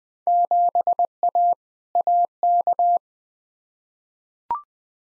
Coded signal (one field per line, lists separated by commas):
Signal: Morse code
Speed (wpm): 20 wpm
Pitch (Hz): 700 Hz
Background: none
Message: 7A AK